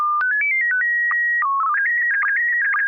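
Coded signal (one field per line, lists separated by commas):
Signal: SSTV (slow-scan television)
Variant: PD 120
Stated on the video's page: SSTV images exchanged on a weekly net via an FM repeater on 441.300 MHz.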